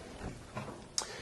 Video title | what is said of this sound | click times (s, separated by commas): معرفی ماشین لباسشویی بوش - فروشگاه اینترنتی بانه بازار SMS46MW01D | It more or less does it itself, and you can hear the audible click | 1.0 s